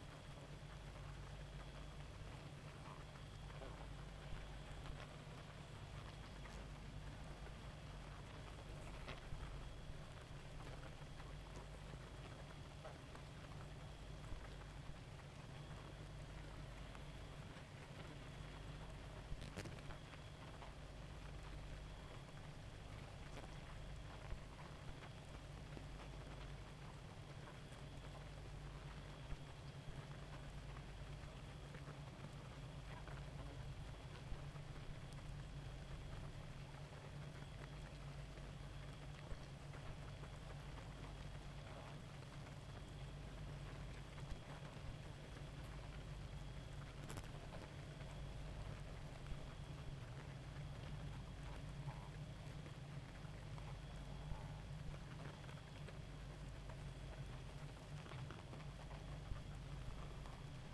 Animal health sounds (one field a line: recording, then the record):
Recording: honeybee colony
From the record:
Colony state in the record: active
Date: 28 July 2017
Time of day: 1:25